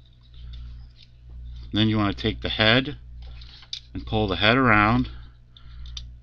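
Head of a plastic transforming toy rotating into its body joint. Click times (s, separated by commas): 6.0 s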